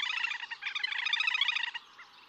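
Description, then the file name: Little grebe, a short burst of rapid high trilling notes lasting under two seconds, then a faint note. "Tuffetto"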